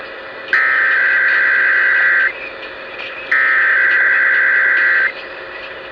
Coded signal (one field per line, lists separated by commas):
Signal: Emergency Alert System (SAME) tones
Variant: header bursts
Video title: SAN FRANCISCO TESTS! Broadcast Radio EAS: Required Monthly Test (EAS #253-255)